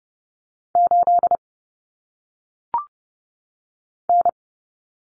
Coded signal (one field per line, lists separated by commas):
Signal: Morse code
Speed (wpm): 30 wpm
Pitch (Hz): 700 Hz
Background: none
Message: 8 N